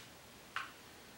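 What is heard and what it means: A plastic part of a draft beer keg's tap assembly is pushed in until it clicks. A single sharp, bright click is heard at 0.6 s against a quiet background. The part seats in place.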